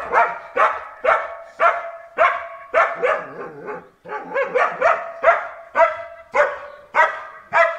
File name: German Shepherd